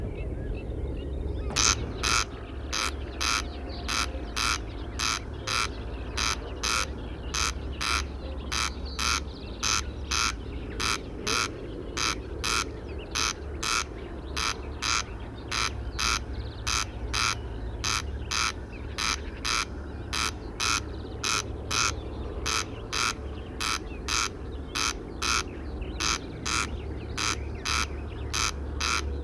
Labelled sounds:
Corn Crake (Crex crex) call
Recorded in the wild
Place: Wostevitz, Insel Rügen, Mecklenburg-Vorpommern, DE
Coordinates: 54.498, 13.567
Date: 1971-05-31
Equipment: Nagra III BH, Sennheiser MD 21, parabola
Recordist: Schubert, Michael

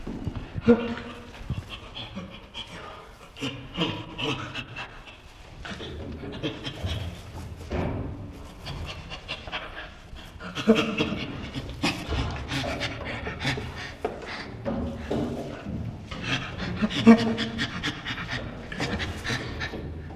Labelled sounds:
Chimpanzee (Pan troglodytes)
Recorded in captivity
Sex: male
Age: subadult
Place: Zoo Rostock, Mecklenburg-Vorpommern, DE
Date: 1965-09-01 11:30
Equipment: Uher 4200 Report Monitor, Sennheiser MD 421, Transistorverstärker 2
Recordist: Tembrock, Günter

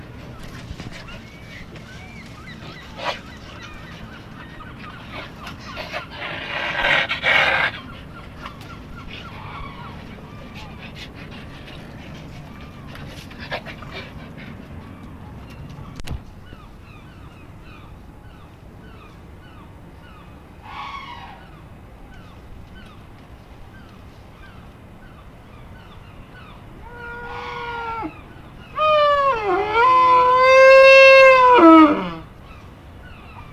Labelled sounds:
Wapiti (Cervus canadensis) call
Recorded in captivity
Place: Zoo Halle, Sachsen-Anhalt, DE
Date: 1965-10-21 15:00
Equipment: Telefunken Magnetophon 300, Sennheiser MD 421, Transistorverstärker 2
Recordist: Tembrock, Günter

